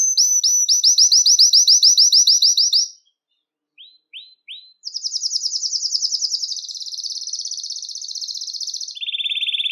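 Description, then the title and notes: Belgian canary song: a rapid, even trill of bright rising notes, a pause with three short upswept chirps, then a fast roll shifting to lower rattling trills. "Canario Belga, nyonyastudio"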